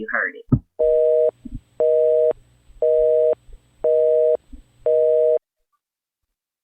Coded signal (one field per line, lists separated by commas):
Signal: telephone call progress tone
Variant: North America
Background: speech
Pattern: busy tone